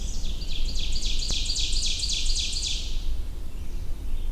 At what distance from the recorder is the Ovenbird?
about 20 m